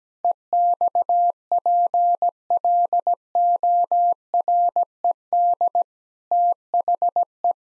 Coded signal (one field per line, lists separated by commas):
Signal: Morse code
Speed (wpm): 17 wpm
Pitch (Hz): 700 Hz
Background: none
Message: EXPLORED THE